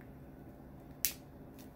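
A plastic terminal cover lid on the terminal block housing of a Com-Power LI-3P-232 three-phase LISN (Line Impedance Stabilization Network) is pushed down after the wiring is done. It snaps shut with one sharp click at 1.0 s, then a faint high tick follows. The lid is seated and latched.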